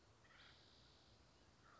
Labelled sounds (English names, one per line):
Acorn Woodpecker